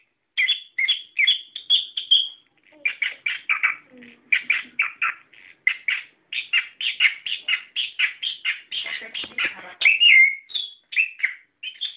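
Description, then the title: Bird song, an almost unbroken stream of rapid chirps and whistles, varied and energetic throughout. "SuaraBurung Kicau4"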